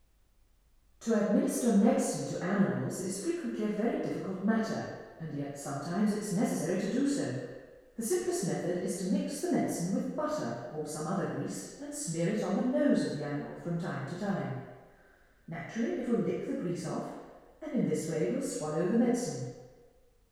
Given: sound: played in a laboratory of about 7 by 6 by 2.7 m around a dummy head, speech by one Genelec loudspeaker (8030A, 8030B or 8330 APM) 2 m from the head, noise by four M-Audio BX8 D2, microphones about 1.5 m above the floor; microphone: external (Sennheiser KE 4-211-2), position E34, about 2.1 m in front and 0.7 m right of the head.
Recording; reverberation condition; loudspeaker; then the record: female speech in English; high; 30 degrees to the left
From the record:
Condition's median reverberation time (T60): about 1300 ms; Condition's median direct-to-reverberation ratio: about -4.0 dB